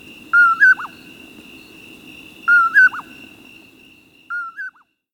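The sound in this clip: Common Poorwill calling: a whistled two-part phrase, given twice clearly and then a softer third time, over a steady high-pitched hum.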